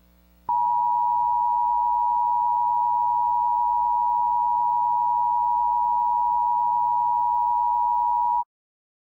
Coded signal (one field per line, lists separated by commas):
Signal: Emergency Alert System (SAME) tones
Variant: 853 and 960 Hz attention tone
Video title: EAS Scenario: The Rabid Dogs of Detroit!